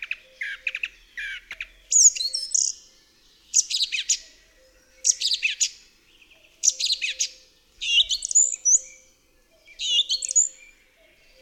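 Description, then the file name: Song thrush delivering bold, varied phrases: clipped repeated notes, high squeaky whistles and chattering bursts, separated by short gaps, over faint low hum. "DROZD SPIEWAK"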